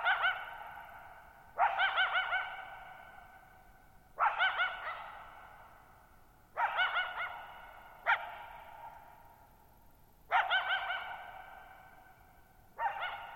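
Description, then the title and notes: Coyote calling steadily, quavering yip bursts and single sharp barks roughly every two seconds, each echoing away in a long tail over a quiet night. Lone coyote calling at night, July 14, 2019, Thirtymile Meadows, Okanogan National Forest, 6400 ft (1950 m); shallow bowl-shaped mountain meadow on a high, dry plateau. "Lone Coyote at Thirtymile Meadows. night of July 14, 2019, camped near Thirtymile Meadows in the Okanogan National Forest at 6400 ft (1950 m)"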